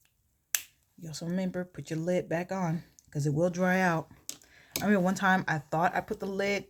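A plastic lid is snapped shut onto a makeup product pot after use, giving one sharp snap at 0.6 s that confirms the lid is fully closed, since a loose lid lets the product dry out. Someone then talks for the rest of the clip.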